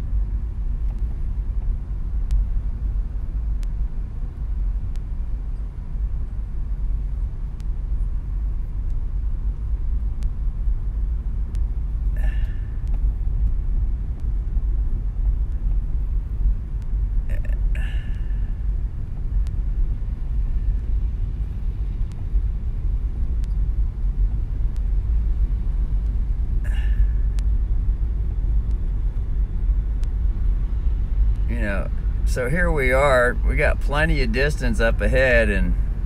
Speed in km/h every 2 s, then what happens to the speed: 6, 6, 5, 6, 6, 8, 8, 7, 7, 7, 8, 7, 4, 6, 6, 6, 8, 8.
0-36 steady at about 6.